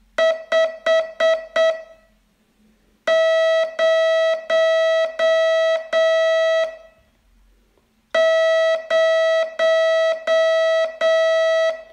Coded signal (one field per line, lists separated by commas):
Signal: Morse code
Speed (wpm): 8 wpm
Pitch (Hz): 650 Hz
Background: none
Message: 5 0 0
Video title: Learn Morse in 42 Days from VU2LAU - day 24